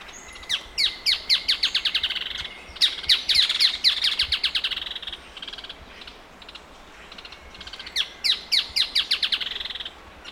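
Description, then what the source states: Striated softtail with quick trains of crisp, downsweeping notes, an opening run, a dense burst midway, then another run near the end after a pause. Male.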